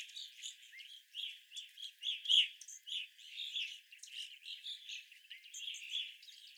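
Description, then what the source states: Evening grosbeaks calling, a steady stream of short chirps overlapping from several birds, with one louder chirp near the middle. Several evening grosbeaks, recorded 25 April 2021.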